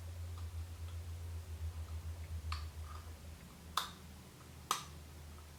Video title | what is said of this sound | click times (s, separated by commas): I GOT INVISALIGNS! - PRICES - COMFORT + MORE - FaceOverMatter | did you hear the snapping hopefully you did | 3.8 s, 4.7 s